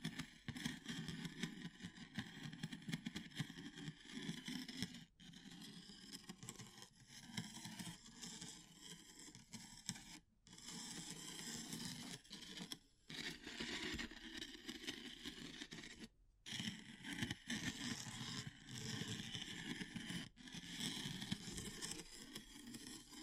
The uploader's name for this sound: Natural Triggers Wood, Bamboo and Straw